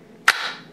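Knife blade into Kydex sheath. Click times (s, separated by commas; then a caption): 0.3 s. A fixed-blade knife is pushed into a rigid Kydex plastic sheath and locks in with one loud, sharp snap at 0.3 s. A brief bright crack is followed by a short fading ring. The knife is seated securely in the sheath.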